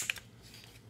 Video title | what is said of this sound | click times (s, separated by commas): How To Remove and Replace a Transmission On a Ford E350 Part 2 | right there i hope you heard that snap so now we're gonna reconnect the | 0.1 s